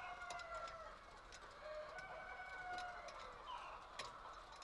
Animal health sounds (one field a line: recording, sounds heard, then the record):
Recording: poultry house recording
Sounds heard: healthy chickens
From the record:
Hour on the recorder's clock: 22